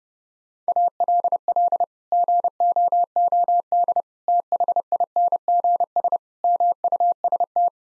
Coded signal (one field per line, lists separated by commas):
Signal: Morse code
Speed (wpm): 30 wpm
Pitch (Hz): 700 Hz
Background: none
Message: ALL GOOD THINGS MUST